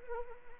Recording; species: mosquito wingbeat signal from an infrared sensor; Anopheles arabiensis